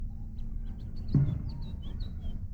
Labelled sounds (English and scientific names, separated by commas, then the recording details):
House Finch (Haemorhous mexicanus) song
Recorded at Hempstead on Long Island, New York, on 10 June 1975
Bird A